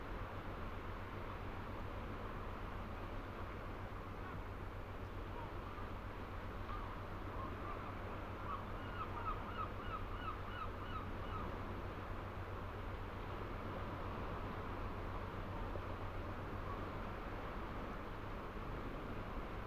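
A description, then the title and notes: Ocean waves wash against the old seawalls at St Abbs on Scotland's east coast, a steady dense roar with a strong low rumble that barely changes in level. Around eight to twelve seconds a quick run of bright chirping calls, likely birds, rises above the surf. Fishing village harbour at night. From here, steep up a winding path above the harbour, the ocean waves crash onto the ancient seawalls of St Abbs on the east coast of Scotland, in full spatial detail. Swirling currents of bouncing swell, softened by less than a hundred yards, into a rich textured white noise emulsion.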